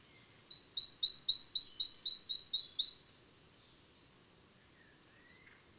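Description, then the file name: Great tit calling: about ten sharp, downslurred high notes in a quick, even series lasting two and a half seconds. "Parus major"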